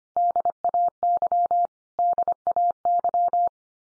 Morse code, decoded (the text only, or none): DAY DAY